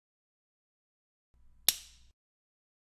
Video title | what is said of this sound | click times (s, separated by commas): Pylon Conventional Power Blade Bayonet Arm Installation Video | align the opening of the connector with the bayonet arm and push the blade to insert until you hear a click sound | 1.7 s